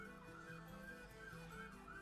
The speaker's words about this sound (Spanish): Ay, que duele el corazón cuando suenan las sirenas de los bomberos, ¿cierto? Se estará pasando alguna cosa.